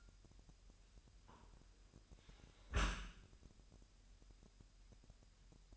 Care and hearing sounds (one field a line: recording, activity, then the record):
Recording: daily activity, microphone in the room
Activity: close dishwasher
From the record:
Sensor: 2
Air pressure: 998.0 hPa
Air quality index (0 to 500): 148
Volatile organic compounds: 4 ppm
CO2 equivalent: 1676 ppm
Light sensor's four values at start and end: 10/29/11/11 and 10/29/11/11